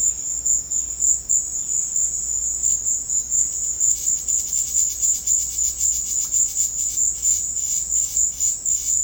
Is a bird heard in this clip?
no